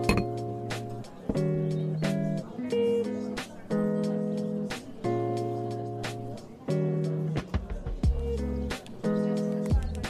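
Coffee shop ambience filled by steady, tuneful music: low held chords shift every second or two, with brief dips between them. Sharp clicks and taps cut through every second or so, and a faint murmur sits underneath.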